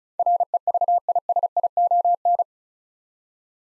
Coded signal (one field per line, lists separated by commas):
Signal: Morse code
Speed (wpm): 36 wpm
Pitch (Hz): 700 Hz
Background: none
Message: REVISION